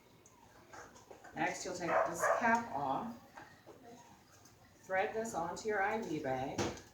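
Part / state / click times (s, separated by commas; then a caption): IV tubing connector onto IV bag port / not seated / none. Someone talks while handling an IV tubing connector and an IV bag, taking a cap off before the threaded connector is screwed onto the bag's threaded port. A few faint sudden sounds occur at 0.3, 0.7 and 3.4 seconds. Nothing has seated or clicked yet; the connector is meant to click tight on the port so it won't leak.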